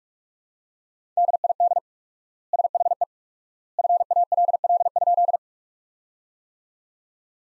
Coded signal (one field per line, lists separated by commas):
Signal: Morse code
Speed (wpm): 46 wpm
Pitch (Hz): 700 Hz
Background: none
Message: DID SHE FALL?